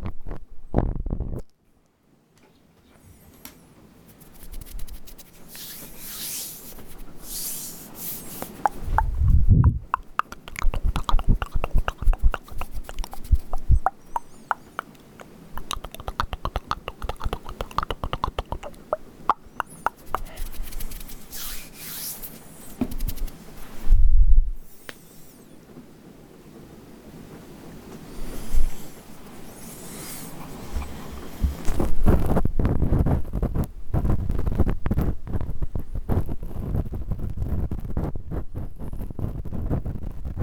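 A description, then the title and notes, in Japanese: Ear cleaning sounds: dry scraping, crackling and soft rustles fill most of the clip in uneven bursts. A short silence comes near the start, with a few dull thumps around ten and twenty-four seconds. The last stretch turns into denser, rapid clicking and scratching. 耳かき。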